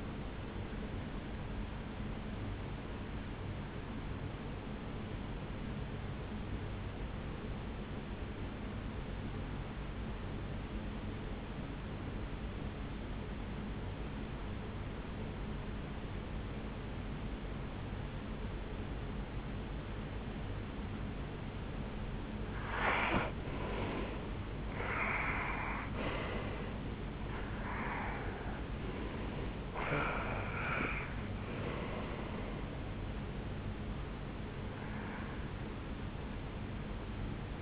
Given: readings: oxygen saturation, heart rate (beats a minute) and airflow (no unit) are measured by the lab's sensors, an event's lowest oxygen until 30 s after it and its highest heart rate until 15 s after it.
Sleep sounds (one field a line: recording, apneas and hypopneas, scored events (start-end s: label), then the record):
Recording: breathing in sleep by a voice recorder at the bedside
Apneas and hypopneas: 1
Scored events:
4.00-23.70 s: hypopnea (N2, oxygen 92% highest, then 83% lowest, heart rate 67 at the start, 73 highest)
33.00-37.62 s: new sleep stage, N1 (lightest sleep)
From the record:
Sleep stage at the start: N2 (light sleep)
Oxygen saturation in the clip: 84 to 92%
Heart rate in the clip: 64 to 73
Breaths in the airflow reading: 10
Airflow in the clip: -8.6 to 6.0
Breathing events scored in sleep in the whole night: 449 in 7.0 hours asleep